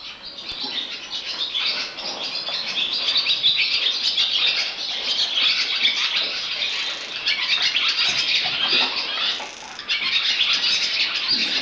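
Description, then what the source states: Barn Swallow twittering song, a fast, continuous run of high chattering notes, with a brief dip in loudness near the tenth second. Sweden.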